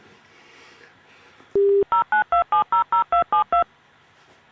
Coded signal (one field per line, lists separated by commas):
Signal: DTMF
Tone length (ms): 120 ms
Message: 092700272